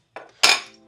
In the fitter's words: gonna be locked in place if you want to undo it you just move that lever and it comes off like that so